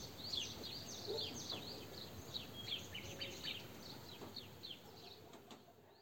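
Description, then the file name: European goldfinch calls, quick high chirps in loose irregular runs, with a faint lower note and background hiss. "Carduelis carduelis"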